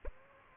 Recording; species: mosquito wingbeat signal from an infrared sensor; Aedes aegypti